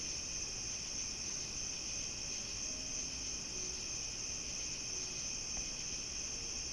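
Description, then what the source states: Crickets trilling in a dense, even high chorus; faint low tones and a brief soft tick appear beneath the steady insect sound. Summer night; binaural.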